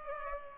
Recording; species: mosquito wingbeat signal from an infrared sensor; Culex pipiens